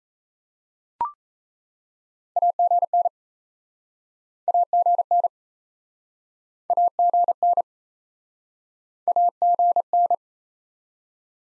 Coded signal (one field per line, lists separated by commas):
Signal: Morse code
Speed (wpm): 40 wpm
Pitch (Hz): 700 Hz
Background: none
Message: AGN AGN AGN AGN